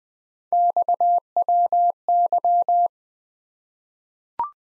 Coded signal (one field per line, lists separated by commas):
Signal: Morse code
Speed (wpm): 20 wpm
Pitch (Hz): 700 Hz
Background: none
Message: XWY